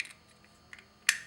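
A plastic footwell light lens cover is slid back onto the LED housing inside a Porsche 997 car interior. A few faint ticks come first, then a single sharp click at 1.1 s as the cover snaps back into place and is seated.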